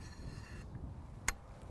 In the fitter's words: feel that little click that goes into the end of the, once it gets all the way over the end of the air tube,